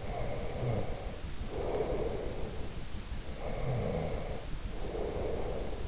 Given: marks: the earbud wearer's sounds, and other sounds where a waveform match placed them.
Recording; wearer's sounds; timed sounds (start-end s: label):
sounds in sleep by an in-ear microphone; snoring breath
0.00-2.86 s: snoring breath
3.26-5.88 s: snoring breath